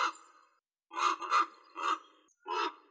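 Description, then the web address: Common raven giving harsh, hoarse croaks: the fading end of one call, then three rough caws close together and one more after a short pause. "Corvus corax"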